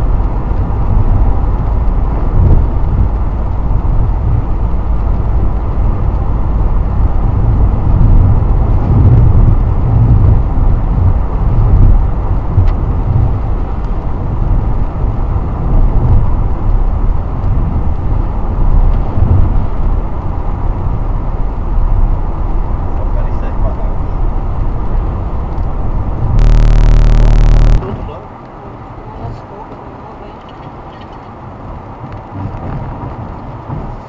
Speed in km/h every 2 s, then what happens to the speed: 126, 125, 126, 125, 123, 120, 119, 117, 115, 113, 112, 112, 111, 109, 110, 111, 111.
0-34 slows to 111.